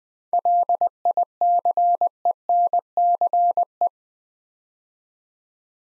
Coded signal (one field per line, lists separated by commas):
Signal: Morse code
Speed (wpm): 20 wpm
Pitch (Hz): 700 Hz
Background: none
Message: LICENCE